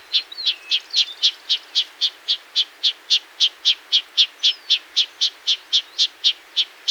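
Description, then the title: Black-crested warbler uttering a steady run of sharp high chips, roughly four per second. "Myiothlypis Nigrocristata"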